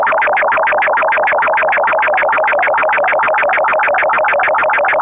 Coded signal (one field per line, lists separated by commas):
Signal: SSTV (slow-scan television)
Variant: Martin 1